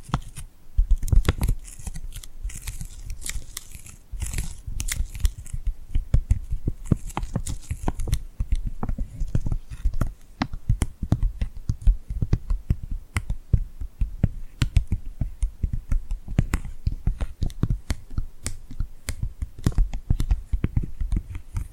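Tingly sticky hand sounds made with glue: quick crackling pops and tacky peels come in a dense, irregular stream for the whole stretch. The first eight seconds are brighter and hissier with longer tearing sounds, then it settles into sharper, clicky taps.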